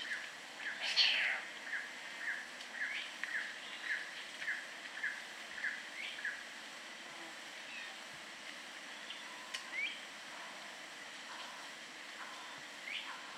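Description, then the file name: Squirrel cuckoo calling: a run of about a dozen short, sharp mid-pitched notes repeated steadily, roughly two per second, then fading, over a soft forest background. Peru and Ecuador, in the Amazon. "Squirrel Cuckoo (Piaya cayana), Peru, Ecuador"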